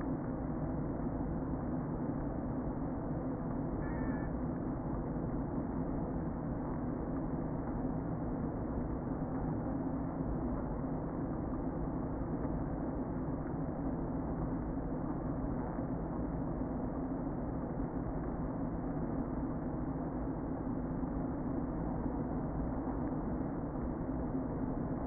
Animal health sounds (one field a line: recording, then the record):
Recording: honeybee colony, microphone inside the hive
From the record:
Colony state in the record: queen present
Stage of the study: before two queens were removed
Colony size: about 60,000 bees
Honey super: yes